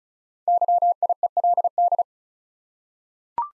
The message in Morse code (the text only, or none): YIELD